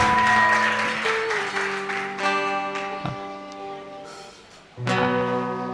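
An audience claps in a burst of dense, crackling applause welcoming invited friends to a gathering, fading over a few seconds, with sustained music tones playing underneath and a short swell near the end.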